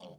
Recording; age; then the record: pig call; piglet (1 to 25 days)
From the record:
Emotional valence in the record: negative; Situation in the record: short isolation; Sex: female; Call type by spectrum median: low-frequency call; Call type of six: low-frequency stable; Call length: 0.19 s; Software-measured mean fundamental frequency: 55 Hz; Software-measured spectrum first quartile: 399 Hz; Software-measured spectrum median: 685 Hz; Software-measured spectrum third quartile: 2101 Hz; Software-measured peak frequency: 536 Hz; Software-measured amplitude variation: 111 dB a second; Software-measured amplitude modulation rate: 18.7 a second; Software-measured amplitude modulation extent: 5.9 dB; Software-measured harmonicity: 3.2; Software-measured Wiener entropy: -2.93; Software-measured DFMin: 1325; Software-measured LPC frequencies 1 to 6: 538, 3146, 4514, 5644, 6874, 8533 Hz